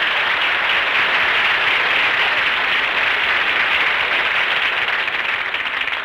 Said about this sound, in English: Well, if all you want is some applause, Don, we can fix that. Folks, how about giving Don Wilson a big hand?